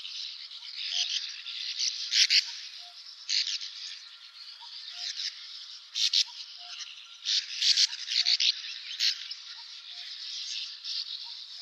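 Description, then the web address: Sand martins giving dry, buzzy, grating calls in irregular bursts and overlapping chatter throughout, some loud rasps standing out above a continuous scratchy twitter. "syoudoutubame"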